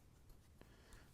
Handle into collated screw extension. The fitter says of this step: so now we're locked in then